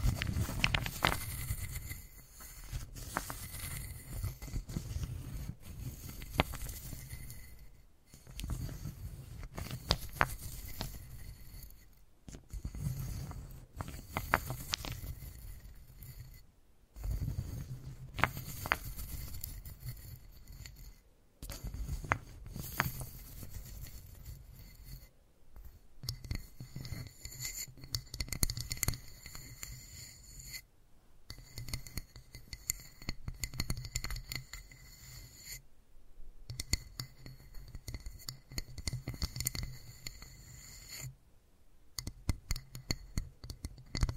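Wooden balls are handled and rolled, giving a dense, irregular stream of small clicks, taps and scrapes with a low rumble beneath. The activity comes in bursts separated by brief silences every few seconds, and faint steady high tones run through the second half.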